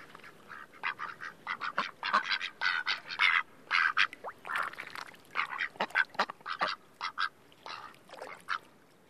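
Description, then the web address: Duck quacking: many harsh, nasal quacks in irregular bursts against a low background hiss. "takarabako sound no 5 duck"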